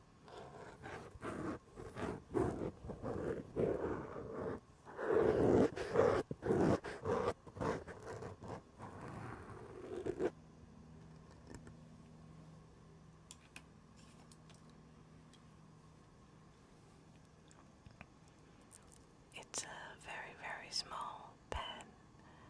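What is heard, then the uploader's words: Mic touching and handling of pens and implements: for the first ten seconds, dense rubbing and scraping with sharp taps, loudest around five to seven seconds. After that it drops to a quiet low hum with scattered small clicks, then a brief burst of rustling near twenty seconds. Sounds like: having your shaved head rubbed in a circle, tracing a kneecap under leggings, scratching the elbow pad of an old sweater. ASMR pens and implements // mic touching // foam cover.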